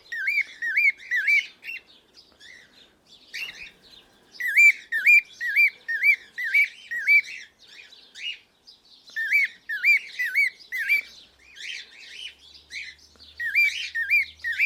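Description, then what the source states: Cockatiel calls: repeated hooked whistled chirps in bursts with short gaps, each note clear and ringing. Pearl colour variety.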